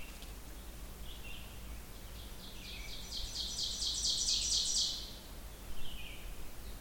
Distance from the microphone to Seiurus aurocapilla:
about 35 m